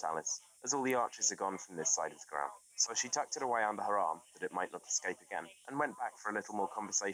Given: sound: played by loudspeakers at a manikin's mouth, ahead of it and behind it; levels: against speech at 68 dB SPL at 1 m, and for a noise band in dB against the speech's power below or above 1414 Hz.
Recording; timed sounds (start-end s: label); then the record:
test signals for a remote microphone
0.00-7.14 s: man speaking, babble ahead at +6 dB SNR for speech at 1 m
From the record:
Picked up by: remote microphone C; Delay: 23 ms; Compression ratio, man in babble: 1.37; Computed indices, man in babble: HASPI 0.990, HASQI 0.225 (non-linear 0.266, linear 0.842), ESTOI 0.695